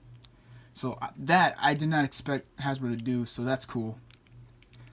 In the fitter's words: You just push it back, and there you go, you hear that click.